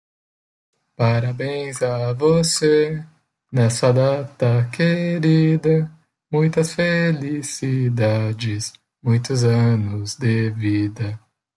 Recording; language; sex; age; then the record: short text; Brazilian Portuguese; male; 20 to 29 years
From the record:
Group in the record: control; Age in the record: 24 years